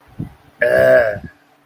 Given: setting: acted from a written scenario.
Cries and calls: vocal sound without words; disgust

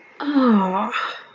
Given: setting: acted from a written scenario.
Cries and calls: vocal sound without words; realization

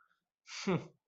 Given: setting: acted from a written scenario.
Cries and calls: vocal sound without words; disappointment

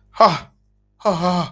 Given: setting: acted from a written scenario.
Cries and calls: vocal sound without words; fear

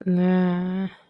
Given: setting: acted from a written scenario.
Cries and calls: vocal sound without words; shame

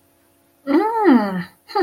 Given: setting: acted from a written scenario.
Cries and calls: vocal sound without words; interest

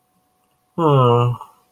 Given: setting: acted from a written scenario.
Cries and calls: vocal sound without words; sadness

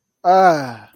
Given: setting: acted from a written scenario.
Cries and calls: vocal sound without words; positive surprise

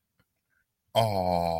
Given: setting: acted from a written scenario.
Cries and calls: vocal sound without words; amusement

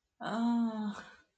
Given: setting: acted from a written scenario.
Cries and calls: vocal sound without words; embarrassment

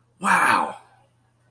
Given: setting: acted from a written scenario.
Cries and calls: vocal sound without words; awe

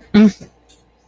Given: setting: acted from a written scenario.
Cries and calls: vocal sound without words; pain

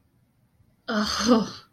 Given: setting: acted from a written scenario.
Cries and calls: vocal sound without words; relief

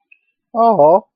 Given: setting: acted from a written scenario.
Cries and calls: vocal sound without words; sympathy

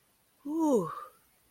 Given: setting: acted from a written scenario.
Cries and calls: vocal sound without words; awe

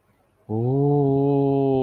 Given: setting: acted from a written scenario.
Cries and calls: vocal sound without words; awe

